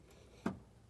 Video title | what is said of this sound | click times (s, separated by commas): etrailer - Demco Air Force One Flat Tow Brake System Installation - 2017 Chevrolet Silverado 1500 | abortion there you'll feel it kind of snap into place and that's how you know it's connected | 0.5 s